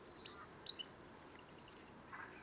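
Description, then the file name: Eurasian wren singing a brisk, high-pitched phrase of sharp notes that runs into a quick rattling trill, then stops. "Troglodytes troglodytes"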